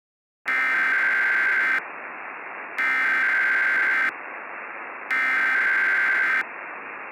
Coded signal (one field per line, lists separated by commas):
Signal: Emergency Alert System (SAME) tones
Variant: header bursts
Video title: THE DESTRUCTION OF EARTH | A murder drones EAS scenario.